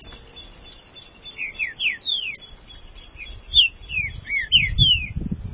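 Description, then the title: Green-winged saltator singing clear, sliding whistles in a rapid run of downslurred and upslurred notes, phrase repeated twice with a steady thin tone behind. "Trinca Ferro"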